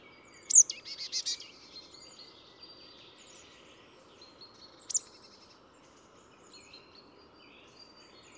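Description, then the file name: Marsh Tit calling, a sharp high note running into several buzzy notes, then a single clipped high call about four seconds later, over soft background birdsong. "Poecile palustris"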